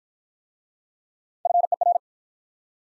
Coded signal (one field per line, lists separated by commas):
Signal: Morse code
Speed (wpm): 44 wpm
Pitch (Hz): 700 Hz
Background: none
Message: FER